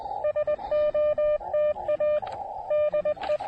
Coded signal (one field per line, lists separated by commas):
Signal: Morse code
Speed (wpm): 21 wpm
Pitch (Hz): 590 Hz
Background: radio noise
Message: SOTA DE